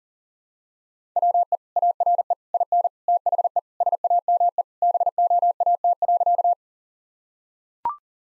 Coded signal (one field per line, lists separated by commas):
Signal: Morse code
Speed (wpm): 40 wpm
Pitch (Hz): 700 Hz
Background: none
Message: WE ARE IN THE SAME BOAT.